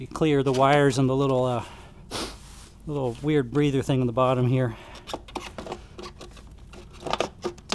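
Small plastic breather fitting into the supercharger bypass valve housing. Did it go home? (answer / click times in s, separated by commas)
yes / 7.7 s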